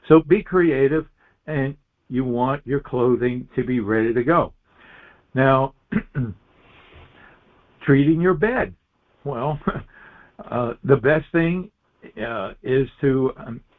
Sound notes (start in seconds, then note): 5.9 clears throat; 9.4 laughs